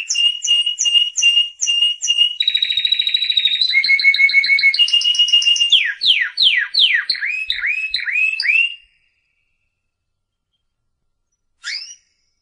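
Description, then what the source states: Canary song of quickly repeated whistled notes, steady trills and a run of downward-sweeping notes, ending before nine seconds with silence and one last short call. Canary presented as a competition first-place winner, singing in full, energetic voice.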